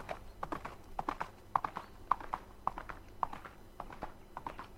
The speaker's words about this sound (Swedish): Vi redde iväg till tulipagården.